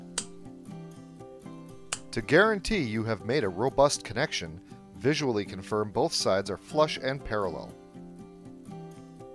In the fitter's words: Independently squeeze each side of the connector until you hear the Colder click.